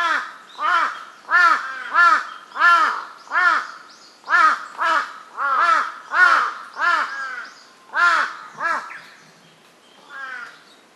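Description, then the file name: Large-billed crow giving a steady series of many harsh, rasping caws, the last few softer and more spaced. "hasibutogarasu"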